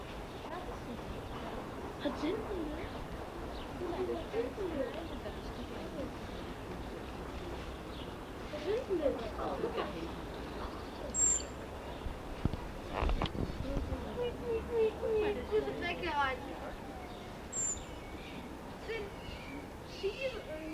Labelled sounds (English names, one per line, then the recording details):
Richardson's Ground Squirrel
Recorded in captivity
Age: adult
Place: Tierpark Berlin, Berlin, DE
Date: 1965-08-01
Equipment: Uher 4000 Report-S, Transistorverstärker, Sennheiser MD 421
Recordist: Tembrock, Günter
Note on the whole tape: Prärieziesel/ Richardson-Ziesel: Pfiffe, dabei Maul weit geöffnet, immer ein Tier. Abstand 5 m. Die Zooaufnahmen wurden von 8.30 bis 11.15 Uhr gemacht